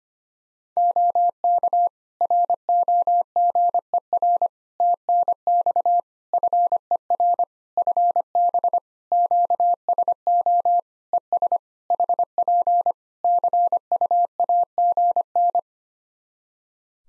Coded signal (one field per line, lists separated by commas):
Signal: Morse code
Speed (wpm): 25 wpm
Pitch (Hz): 700 Hz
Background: none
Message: OK ROGER TNX FER FB QSO ES HP CUAGN